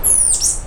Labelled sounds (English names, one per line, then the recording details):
Stitchbird song
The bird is a male
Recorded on Tiritiri Matangi Island, New Zealand, in 2005
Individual 12, of nest box 16